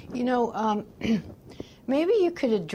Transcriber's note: clears throat